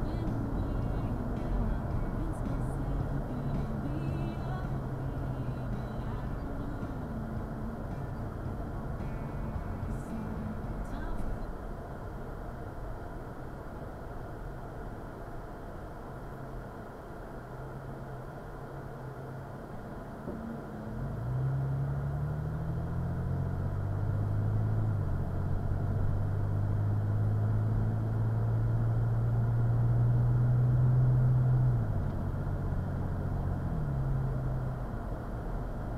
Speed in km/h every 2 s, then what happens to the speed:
63, 58, 53, 45, 42, 35, 27, 18, 10, 3, 6, 16, 27, 35, 42, 48, 50, 48.
0-18 slows to 3. 18-30 speeds up to 48. 30-36 steady at about 48.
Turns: none.